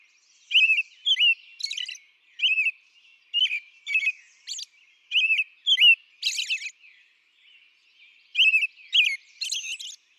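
American robin caroling, warbled whistled phrases with a pause late, then more phrases.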